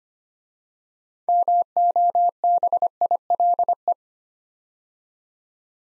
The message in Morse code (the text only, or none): MOBILE